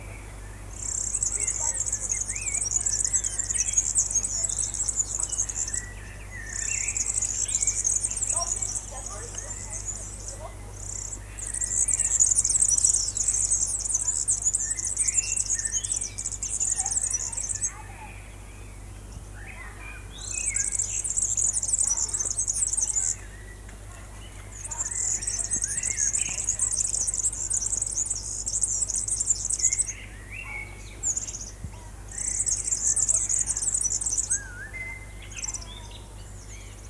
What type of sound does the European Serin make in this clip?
song